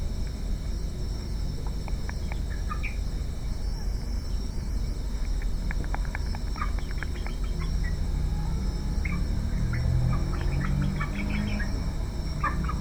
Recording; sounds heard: poultry house recording; healthy chickens